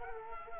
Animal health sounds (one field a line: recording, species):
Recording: mosquito wingbeat signal from an infrared sensor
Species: Culex quinquefasciatus